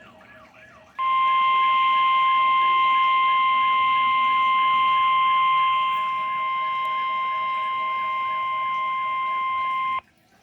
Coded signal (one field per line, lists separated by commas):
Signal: Emergency Alert System (SAME) tones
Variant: 1050 Hz attention tone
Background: speech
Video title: EAS/NWR Alert or message #915-916: Required Weekly Test #5